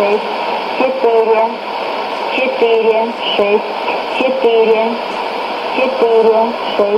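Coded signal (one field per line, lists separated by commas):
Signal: numbers station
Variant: S06s, Russian female voice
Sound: a woman reading short, evenly spaced words, about eight in seven seconds, under hiss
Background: radio static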